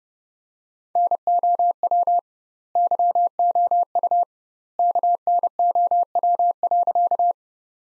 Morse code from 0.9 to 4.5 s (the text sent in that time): NOW YOU